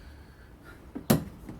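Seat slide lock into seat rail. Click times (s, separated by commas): 1.1 s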